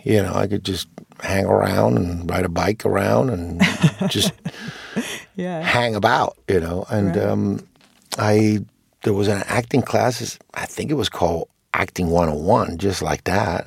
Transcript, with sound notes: you know? I could just hang around and ride a bike around and just...
(Laughter) Yeah.
...Hang about, you know?
Right.
And there was an acting class. I think it was called Acting 101, just like that.